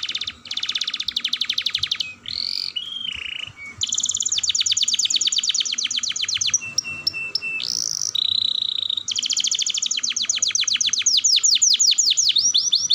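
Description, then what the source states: Canary song alternating fast rolling trills with nasal warbles, short clipped notes and a steady whistled tone. Kenari singing a long roll song style (dor roll panjang), described as gacor, i.e. singing vigorously.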